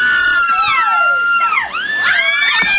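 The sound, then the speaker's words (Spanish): A crowd of band fans screams and cheers nonstop for a singer, many high-pitched shrieking voices overlapping in wavering, rising and falling tones, loud and sustained for the whole stretch. “Gritos para el señor de la Yuma también, para ….”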